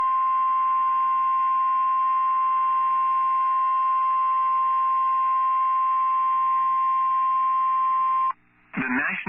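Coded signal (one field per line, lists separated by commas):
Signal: Emergency Alert System (SAME) tones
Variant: 1050 Hz attention tone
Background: speech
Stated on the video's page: Special Marine Warning for Mississippi Sound, received from NOAA Weather Radio station KEC61.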